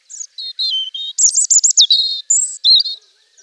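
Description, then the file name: European robin song, a fast varied phrase of high thin whistles and trills, some notes sliding down, others rapidly repeated, in a clean quiet background. "Jean Roch - Rougegorge"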